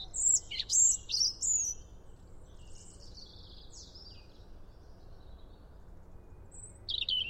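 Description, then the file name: European robin song: a burst of sharp, high, squeaky notes in the first two seconds, faint twittering in between, and another high squeaky phrase at the end. "Erithacus rubecula"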